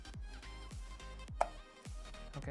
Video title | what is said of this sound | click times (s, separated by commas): Perfect late night RTX 4080 build! - PC build # 180 | I heard it pop into place | 1.4 s